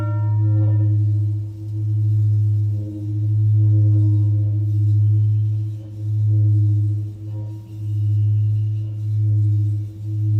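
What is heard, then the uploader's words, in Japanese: A singing bowl rings with a deep, steady hum and a clear higher overtone above it. The tone swells and dips in slow, even pulses about every one to one and a half seconds, never fading out. A brief brighter ring sounds near the start. メキシコから シンギングボウルのサウンドヒーリング ライブ。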